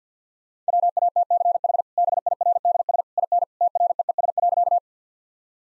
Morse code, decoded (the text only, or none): WATCH BIRDS IN TREES.